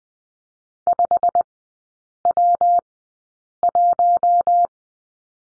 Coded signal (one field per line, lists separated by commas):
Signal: Morse code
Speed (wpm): 20 wpm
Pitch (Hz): 700 Hz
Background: none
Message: 5W1